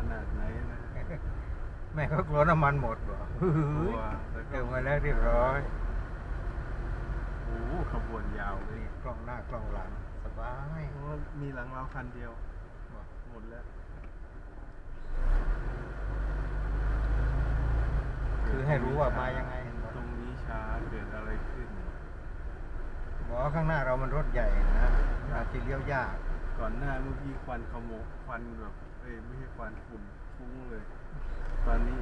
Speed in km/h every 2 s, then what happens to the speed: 18, 17, 15, 15, 14, 12, 9, 6, 7, 10, 11, 11, 11, 10, 9, 8.
0-14 slows to 6. 14-32 steady at about 10.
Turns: none.